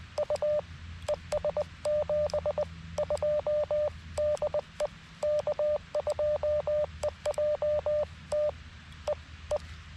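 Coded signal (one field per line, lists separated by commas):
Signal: Morse code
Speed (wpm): 20 wpm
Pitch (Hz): 600 Hz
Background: radio noise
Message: U ES 72 DE K2EJT E E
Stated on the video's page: CW portion of a park activation from Buttermilk Falls State Park, run on an FX-4CR transceiver.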